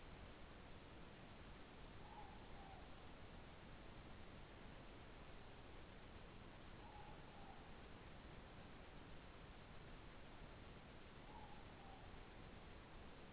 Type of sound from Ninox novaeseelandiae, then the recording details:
more-pork call. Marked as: faintness 2/5. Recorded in New Zealand. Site Taranaki